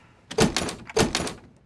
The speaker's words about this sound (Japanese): 開かないドア。